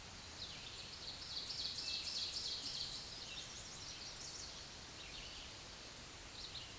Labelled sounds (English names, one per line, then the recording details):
Ovenbird song
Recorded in a Pennsylvania forest on 16 May 2024 at 06:44
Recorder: AudioMoth, point MSD-1892
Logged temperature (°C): 14.5 °C
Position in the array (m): 81 m, 63 m